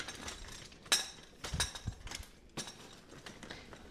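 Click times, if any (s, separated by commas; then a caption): 0.9 s. The center floor hub of a Graco Pack 'n Play Travel Dome LX travel playard frame is pushed down until the frame locks into position. A sharp metallic clink at 0.9 s is the loudest hit, followed by softer clinks and knocks around 1.4–2.2 s and 2.6 s. The floor is seated and locked, and the playard is completely constructed.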